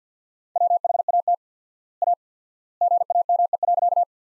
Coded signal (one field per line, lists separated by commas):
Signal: Morse code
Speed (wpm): 50 wpm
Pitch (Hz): 700 Hz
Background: none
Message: WHAT A GAME.